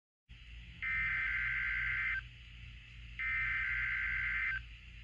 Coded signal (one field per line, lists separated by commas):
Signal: Emergency Alert System (SAME) tones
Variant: header bursts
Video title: Alerts of the Week: S1 Ep 7: Week of 9/27/21 (Old EAS 374-397)